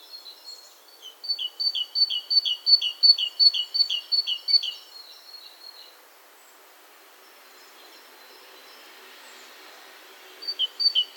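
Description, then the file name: Great tit singing a fast run of see-saw two-note phrases for several seconds, then quiet, with the phrase starting again near the end. "Parus major"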